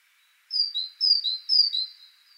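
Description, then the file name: Great tit repeating a sharp high-low two-note phrase three times at an even pace. "Parus major"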